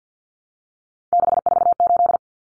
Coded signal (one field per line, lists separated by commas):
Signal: Morse code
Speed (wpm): 50 wpm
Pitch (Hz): 700 Hz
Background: none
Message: 648